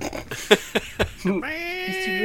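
A cat lets out a long, drawn-out meow that rises in pitch and then holds steady, following a few short, sharp knocking sounds.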